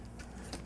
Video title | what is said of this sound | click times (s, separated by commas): Replace your Radiator for 2007 Toyota Camry | just snaps into place | 0.5 s